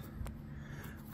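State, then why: Seated. A replacement PTO switch on a Husqvarna V548 riding mower is pushed straight down into its mounting hole in the dash control panel. A short, sharp click sounds at 0.3 s over a steady low background hum. The switch is seated and now sits nice and solid in the panel.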